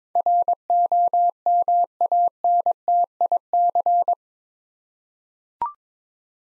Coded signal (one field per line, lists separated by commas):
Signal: Morse code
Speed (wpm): 22 wpm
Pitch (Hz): 700 Hz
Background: none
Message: ROMANTIC